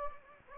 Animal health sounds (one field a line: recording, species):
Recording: mosquito wingbeat signal from an infrared sensor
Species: Anopheles gambiae